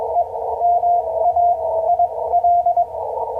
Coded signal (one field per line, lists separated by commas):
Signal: Morse code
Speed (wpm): 22 wpm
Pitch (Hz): 690 Hz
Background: radio noise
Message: EMAIL